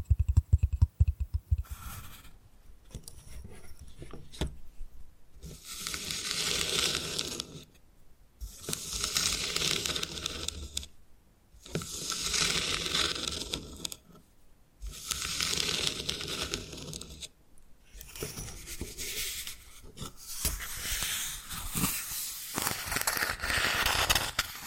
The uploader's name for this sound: Bamboo Tapping, Scratching and Brushing Sounds